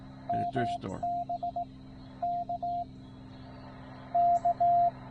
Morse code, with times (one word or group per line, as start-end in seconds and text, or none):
0.3-1.6 MB
2.2-2.8 K
4.2-4.9 K